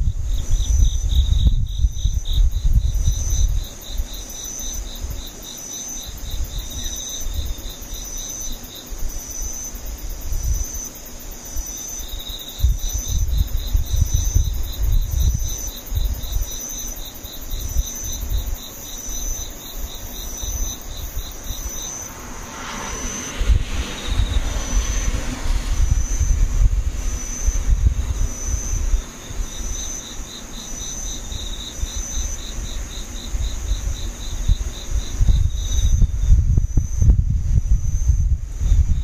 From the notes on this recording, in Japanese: ムシ